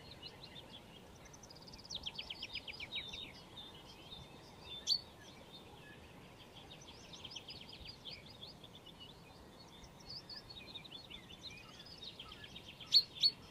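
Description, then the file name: Common chaffinch song, faint: rattling descending trills of rapid notes ending in a brief flourish, heard twice, with a few sharp clicks and steady background hiss. "Fringilla coelebs"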